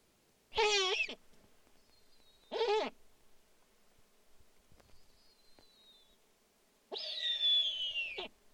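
Snowy owl uttering harsh, nasal barking calls, two short ones then a longer drawn-out screech, with faint thin high whistles in the background gaps.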